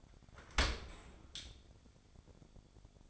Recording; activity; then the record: daily activity, microphone in the room; open dishwasher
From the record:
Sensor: 5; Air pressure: 1006.8 hPa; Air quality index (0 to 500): 186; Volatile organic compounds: 5 ppm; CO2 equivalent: 1770 ppm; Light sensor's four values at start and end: 53/148/58/59 and 54/150/59/59